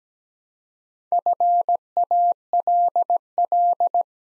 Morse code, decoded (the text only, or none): FALL